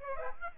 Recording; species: mosquito wingbeat signal from an infrared sensor; Aedes aegypti